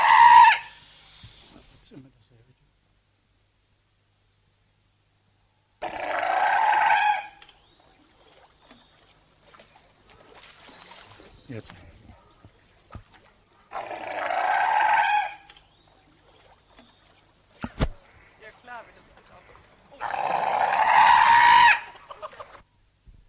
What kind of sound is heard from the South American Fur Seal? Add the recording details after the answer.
call. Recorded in captivity. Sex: female. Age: adult. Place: Zoo Halle, Sachsen-Anhalt, DE. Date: 2007-10-08 15:35. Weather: sunny, 14°C. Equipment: Sony WM-D6C, Sennheiser ME 80, Kopie Uher 4000 Report Monitor. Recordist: Tembrock, Günter